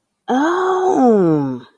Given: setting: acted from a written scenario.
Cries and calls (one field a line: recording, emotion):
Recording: vocal sound without words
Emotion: interest